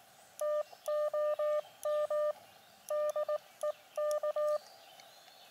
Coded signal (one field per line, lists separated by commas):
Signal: Morse code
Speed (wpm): 19 wpm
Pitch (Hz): 600 Hz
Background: none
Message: TOM DEK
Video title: Elecraft AX1 Small Antenna ~ Hiking Portable ~ Woods QRP